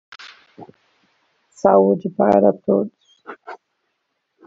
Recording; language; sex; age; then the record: short text; Brazilian Portuguese; female; 50 to 59 years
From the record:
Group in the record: control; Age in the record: 59 years